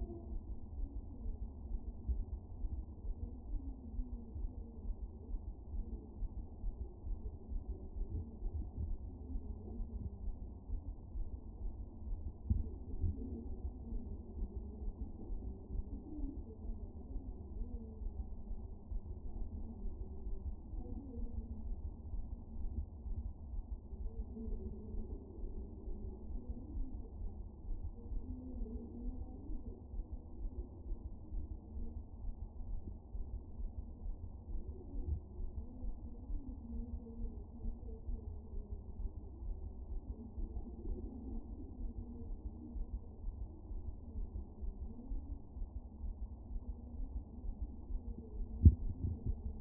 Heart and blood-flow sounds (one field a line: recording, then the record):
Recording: fetal heart sounds by stethoscope on the mother's abdomen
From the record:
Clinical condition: moderate anaemia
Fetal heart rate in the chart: 135 bpm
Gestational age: 39 weeks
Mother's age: 23 years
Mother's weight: 54 kg